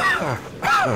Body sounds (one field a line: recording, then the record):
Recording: coughing mixed with background sound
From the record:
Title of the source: Heavy cold and sore throat coughing.